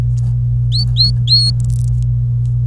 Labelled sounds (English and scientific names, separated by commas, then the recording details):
Domestic Canary (Serinus canaria) song
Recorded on 26 April 2018 at 11:30
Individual llb3